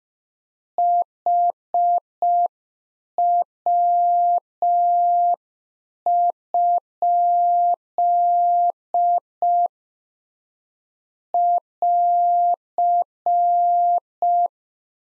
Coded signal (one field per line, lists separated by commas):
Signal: Morse code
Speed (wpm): 5 wpm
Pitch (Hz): 700 Hz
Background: none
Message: HW? <AR>